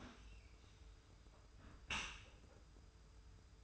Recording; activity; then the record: daily activity, microphone in the room; close dishwasher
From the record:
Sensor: 2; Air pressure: 991.2 hPa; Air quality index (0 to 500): 144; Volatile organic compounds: 315 ppm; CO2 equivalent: 4513 ppm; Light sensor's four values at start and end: 41/117/46/44 and 41/117/46/44